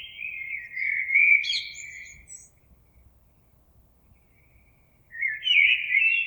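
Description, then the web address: Common blackbird song: one mellow warbling phrase with a high twittered flourish, a pause of nearly three seconds, then a second phrase begins. Recorded on 26 April 2022. "oiseaux Merle 2022 04 26"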